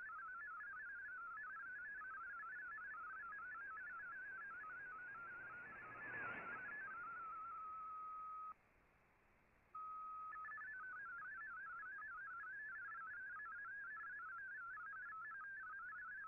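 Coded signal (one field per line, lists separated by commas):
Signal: multi-tone FSK (Olivia or MFSK type)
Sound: rapid warbling tone hopping between pitches, a steady tone, brief silence, then warbling resumes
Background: radio static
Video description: Here is my decode of the Shortwave Radiogram broadcast today on 15770Khz shortwave radio at 1300UTC in MFSK32 and 64 with 10 SSTV images.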